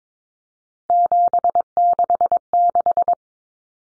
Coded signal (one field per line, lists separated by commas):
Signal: Morse code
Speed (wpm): 22 wpm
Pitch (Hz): 700 Hz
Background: none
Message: 766